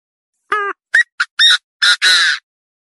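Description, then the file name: Partridge giving a short phrase of six notes, starting tonal and ending in two rough, grating squawks, with no other sounds. "Tieng ga go"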